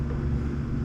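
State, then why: Not seated. A tour pack trunk on an Indian Pursuit motorcycle sits on the rack mounts while its metal mounting latch levers are handled, with a steady low rumble and no distinct impacts. Nothing has seated or clicked yet; the levers are not yet locked.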